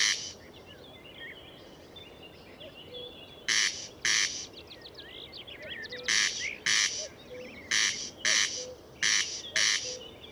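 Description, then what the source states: Corn crake: after a few seconds of other birds twittering, rasping double crex-crex calls begin, pause briefly, then repeat steadily, with soft low notes beneath. Recorded at Murnauer Moos, Germany, on 29 May 2014.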